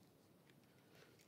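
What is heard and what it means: During the transformation of a Transformers AOE Voyager class Drift plastic action figure, a small plastic tab on the figure's leg is pressed into its slot. A small, quiet click is heard at 0.5 s over faint background noise, and the tab seats in place.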